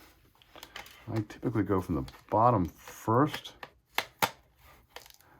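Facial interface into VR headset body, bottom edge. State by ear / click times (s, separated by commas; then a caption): seated / 4.0 s, 4.2 s. Someone talks while an assembled Kiwi padded cooling face mask bracket (facial interface) is pushed onto an Oculus 2 VR headset body, bottom edge first. Two loud, sharp plastic snaps ring out at 4.0 s and 4.2 s, followed by a few softer taps. The bottom of the facial interface is clicked in and seated on the headset.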